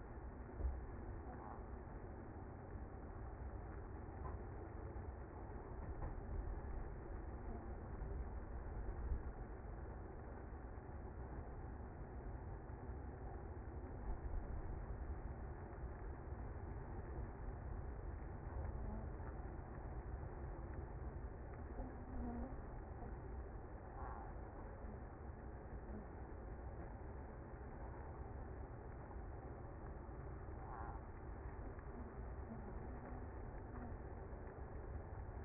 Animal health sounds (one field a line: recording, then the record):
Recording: honeybee colony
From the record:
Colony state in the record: active